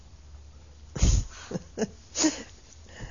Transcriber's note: she laughs